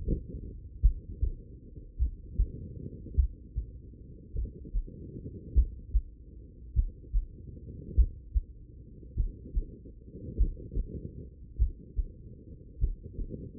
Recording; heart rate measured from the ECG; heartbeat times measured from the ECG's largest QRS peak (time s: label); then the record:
heart sounds by stethoscope; 50 bpm
0.80 s: heartbeat
1.97 s: heartbeat
3.15 s: heartbeat
4.33 s: heartbeat
5.53 s: heartbeat
6.73 s: heartbeat
7.94 s: heartbeat
9.14 s: heartbeat
10.36 s: heartbeat
11.56 s: heartbeat
12.78 s: heartbeat
From the record:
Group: heart failure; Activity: rest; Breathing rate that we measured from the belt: 22 breaths a minute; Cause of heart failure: idiopathic cardiomyopathy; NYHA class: 2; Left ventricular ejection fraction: 53%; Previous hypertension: present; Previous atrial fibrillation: present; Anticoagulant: apixaban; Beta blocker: bisoprolol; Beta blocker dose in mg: 2.5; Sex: female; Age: 67 years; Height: 150 cm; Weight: 81 kg